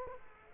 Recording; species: mosquito wingbeat signal from an infrared sensor; Culex quinquefasciatus